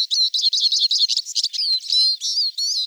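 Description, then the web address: Eurasian siskin giving a fast, high twittering run of short chirps, then slurred wheezy whistled notes, continuing without pause for three seconds. "Carduelis spinus"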